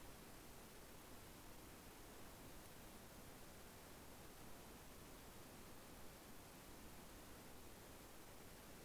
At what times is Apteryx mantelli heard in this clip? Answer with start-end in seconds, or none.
none